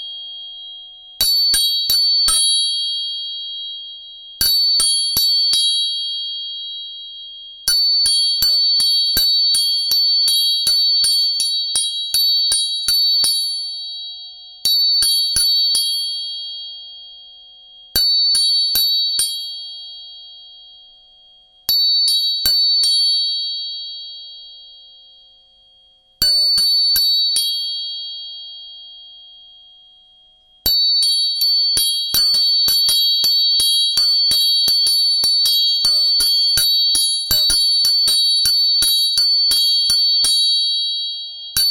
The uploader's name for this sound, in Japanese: 音叉チューニング3本